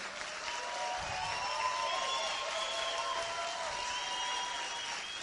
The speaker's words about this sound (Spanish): Ok, vamos a darle un fuerte aplauso a los nuevos 25%. Fuerte el aplauso.